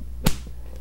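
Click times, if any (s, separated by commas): 0.3 s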